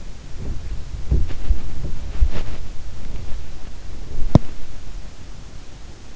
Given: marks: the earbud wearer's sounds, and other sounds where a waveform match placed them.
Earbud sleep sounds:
sounds in sleep by an in-ear microphone; body movement
0.13-4.87 s: body movement

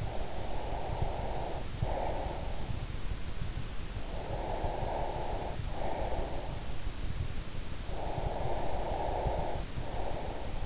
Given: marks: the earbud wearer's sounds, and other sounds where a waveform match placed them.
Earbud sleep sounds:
sounds in sleep by an in-ear microphone; breath
0.00-2.82 s: breath
4.16-6.77 s: breath
7.87-10.66 s: breath

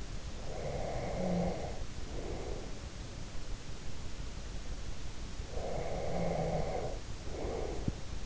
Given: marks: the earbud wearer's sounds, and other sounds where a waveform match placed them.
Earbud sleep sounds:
sounds in sleep by an in-ear microphone; breath
0.17-2.84 s: breath
5.31-8.26 s: breath

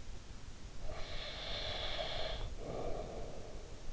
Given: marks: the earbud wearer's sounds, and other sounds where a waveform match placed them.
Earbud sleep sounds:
sounds in sleep by an in-ear microphone; breath
0.60-3.85 s: breath

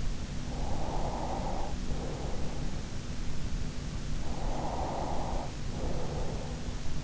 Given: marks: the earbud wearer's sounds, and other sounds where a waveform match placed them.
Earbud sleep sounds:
sounds in sleep by an in-ear microphone; breath
0.76-2.82 s: breath
4.33-6.78 s: breath

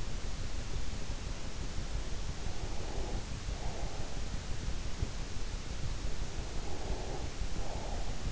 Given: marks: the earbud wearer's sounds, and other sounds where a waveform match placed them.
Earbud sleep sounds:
sounds in sleep by an in-ear microphone; breath
1.72-4.16 s: breath
6.30-8.31 s: breath

